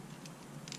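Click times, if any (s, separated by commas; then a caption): none. A Trufiber carbon fiber steering wheel insert (LG112) is handled as its lip is being slid into the grooves of the steering wheel trim, giving faint scrapes and light taps with brief bright rustles over a steady low hum. Nothing has seated or clicked in yet.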